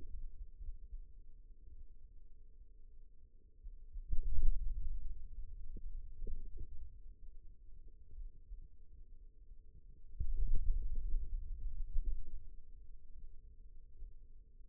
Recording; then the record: forearm muscle sounds (acoustic myography)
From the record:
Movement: hand opening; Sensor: system 2, bracelet of six BSWA MPA416 microphones around the upper forearm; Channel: 3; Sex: male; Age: 22 years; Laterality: right